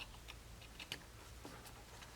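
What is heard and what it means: A plastic electrical connector on an LED headlight bulb is pushed toward a vehicle wiring harness plug, tab facing up toward the green tab. A few faint, light ticks and taps of handling sound over a low background, the sharpest at about 0.9 s. Nothing has seated or clicked yet.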